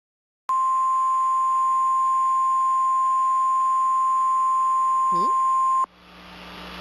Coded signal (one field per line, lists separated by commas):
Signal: Emergency Alert System (SAME) tones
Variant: 1050 Hz attention tone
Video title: Making Tom speaking eas alarm ( my talking Tom 2 )